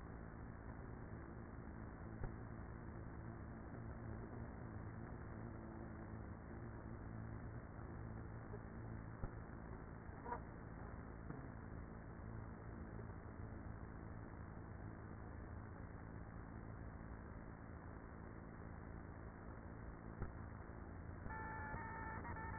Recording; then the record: honeybee colony, microphone inside the hive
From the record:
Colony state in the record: queenless with a low population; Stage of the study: after two queens were removed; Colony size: about 30,000 bees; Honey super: no